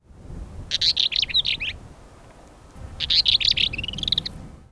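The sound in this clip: Mistle thrush, two bursts of dry, rapid chattering notes, over a faint low background rumble.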